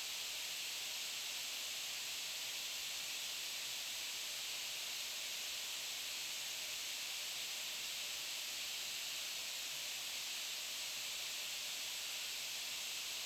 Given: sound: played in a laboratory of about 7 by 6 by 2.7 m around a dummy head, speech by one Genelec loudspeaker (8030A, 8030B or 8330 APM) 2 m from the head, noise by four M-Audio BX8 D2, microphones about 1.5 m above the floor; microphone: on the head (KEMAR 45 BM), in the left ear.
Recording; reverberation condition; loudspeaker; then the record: white noise; high; four, about 170 cm from the corners of the room and facing them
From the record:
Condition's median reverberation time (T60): about 1300 ms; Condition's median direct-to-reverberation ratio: about -4.0 dB